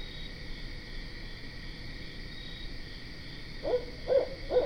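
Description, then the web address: Barred owl hoots, three deep, evenly spaced notes starting late, after a stretch of steady insect trilling and faint background hum. Recorded 12 September 2010. "Barred Owl 2010 09 12"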